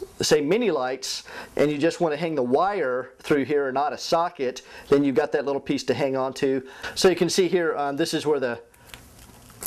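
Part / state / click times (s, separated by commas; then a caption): holiday light bulb socket into plastic lighting clip / seated / 9.7 s. A holiday light bulb socket is pressed into a plastic lighting clip while someone talks. A sharp snap comes at 9.7 seconds as the socket seats in the clip.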